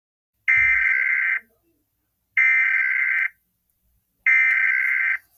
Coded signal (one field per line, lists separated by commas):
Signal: Emergency Alert System (SAME) tones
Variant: header bursts